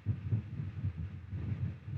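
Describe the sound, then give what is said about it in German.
A fan, whose speed can be set continuously from 0 to 100, runs close to the microphone, giving a low, steady rumble with a rhythmic throbbing pulse about four times a second, plus a soft airy hiss. No one speaks. “Hör mal geschwind in die Ventilatorklänge.”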